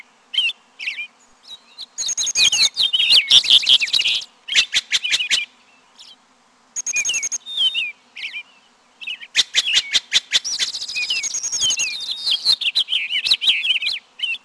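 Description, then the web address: Bird song, a varied jumble of chattering notes, buzzy bursts and sliding whistles in irregular phrases separated by short pauses. North America. "Peterson North American Birds. haur"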